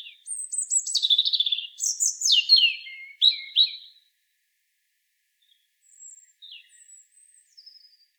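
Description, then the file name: European robin singing a rich, tumbling phrase of high whistles and liquid trills, followed by a few faint, thin notes after a short silence. "Erithacus rubecula"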